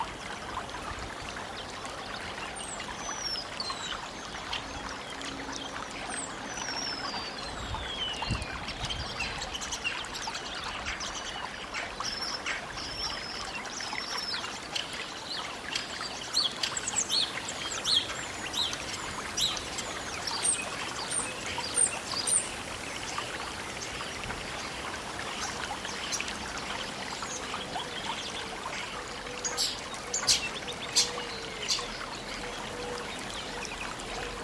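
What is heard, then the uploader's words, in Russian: A brook murmurs steadily throughout, a dense, even trickle of water underneath everything. Birds sing over it with high chirps and short whistled phrases, some sliding downward, clustering around the middle and again near thirty seconds. Leaves rustle softly in the background. Глубокий Лес - Спокойные Звуки Природы для Глубокого Сна.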